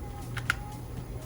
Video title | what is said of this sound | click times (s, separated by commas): Cold Steel 3V Trail Master: Survival Fighter Bowie | has a nice click mine stays very well I know sometimes there's been issues with that | 0.5 s